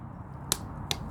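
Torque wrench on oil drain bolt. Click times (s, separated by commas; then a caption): 0.5 s, 0.9 s. A torque wrench tightening the oil drain/filter bolt on a Honda Navi gives two sharp clicks at 0.5 s and 0.9 s over a low background hum. The clicks show the wrench has reached its torque setting.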